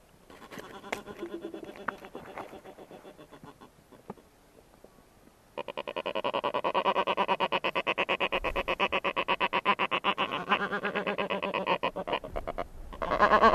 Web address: black-browed albatross